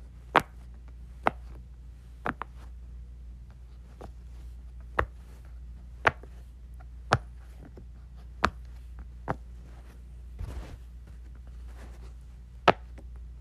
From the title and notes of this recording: ASMR Playing with my Pop-It.